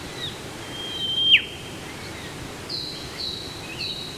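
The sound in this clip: Whipbird whip call: a long high whistle building in loudness and ending in a sharp downward crack, followed by a few faint high notes.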